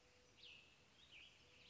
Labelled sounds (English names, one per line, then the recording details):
Cassin's Vireo
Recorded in Sonoma County, California